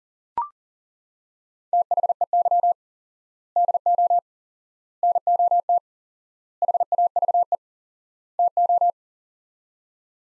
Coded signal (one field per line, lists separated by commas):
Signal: Morse code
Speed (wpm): 37 wpm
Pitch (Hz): 700 Hz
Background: none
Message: THEY DO NOT HAVE TO